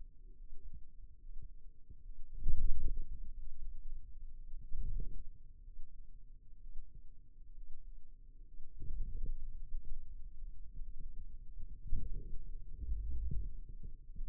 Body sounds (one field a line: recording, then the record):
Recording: forearm muscle sounds (acoustic myography)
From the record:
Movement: wrist extension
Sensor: system 2, bracelet of six BSWA MPA416 microphones around the upper forearm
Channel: 6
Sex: male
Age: 22 years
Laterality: right